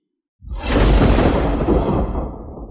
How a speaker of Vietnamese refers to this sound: Một tiếng lôi minh nổ vang, chính là cái kiện tiên khí lôi chùy màu trắng xoay quanh đỉnh đầu của Hồ Tam, điện xạ ra điện quang, vọt tới hướng Quỷ Mộc.